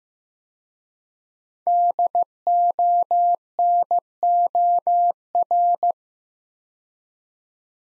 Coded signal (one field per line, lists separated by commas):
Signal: Morse code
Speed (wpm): 15 wpm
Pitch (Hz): 700 Hz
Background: none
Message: DONOR